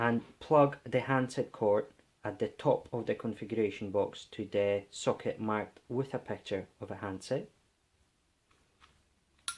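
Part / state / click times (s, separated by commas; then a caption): telephone handset cord plug into configuration box socket / seated / 9.5 s. Someone talks about plugging a telephone handset cord into the handset socket on top of a configuration box. After the talking stops, a few faint handling sounds follow, then the cord's plastic RJ modular plug seats in the socket with a sharp click at 9.5 s.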